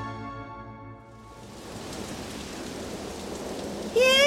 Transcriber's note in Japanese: 風雨の音